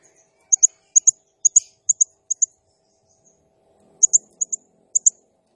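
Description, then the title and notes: Blue-crowned hanging parrot song, crisp high chirps given in quick pairs, several pairs in a row, a pause, then more pairs. Singing energetically (gacor, nembak style); recording used as masteran (lure/training sound) for other birds. "Burung Serindit Nembak Gacor Bikin Emosi Semua Burung. Suara Nasteran Dan Pemikat Burung Serinditan Gacor"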